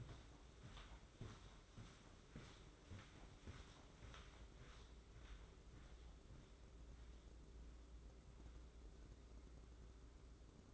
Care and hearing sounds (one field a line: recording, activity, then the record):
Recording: daily activity, microphone in the room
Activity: walk to room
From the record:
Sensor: 3